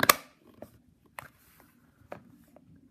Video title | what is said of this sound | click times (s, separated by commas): Urban Armor Gear iPhone 6/6S Trooper Card Case Review | now once you have it snapped into place your cards are secure and they won't fall out | 0.0 s, 0.1 s